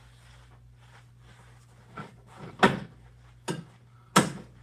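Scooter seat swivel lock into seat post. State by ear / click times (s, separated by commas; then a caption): seated / 4.2 s. After an Afiscooter C Model scooter seat is dropped back onto its post, the rotation lever is lifted and the seat is turned until its swivel lock engages in the seat post. Several knocks are heard around 2.0, 2.6 and 3.5 seconds, ending in a loud click at 4.2 seconds as the lock engages and the seat is locked into place.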